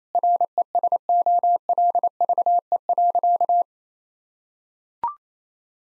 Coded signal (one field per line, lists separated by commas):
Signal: Morse code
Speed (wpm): 27 wpm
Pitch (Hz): 700 Hz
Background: none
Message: RESOLVE.